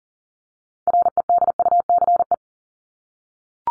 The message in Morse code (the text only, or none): REDUCE